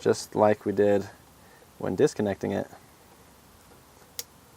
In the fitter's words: you hear it snap together and then we'll stick it back up